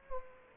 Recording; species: mosquito wingbeat signal from an infrared sensor; Culex quinquefasciatus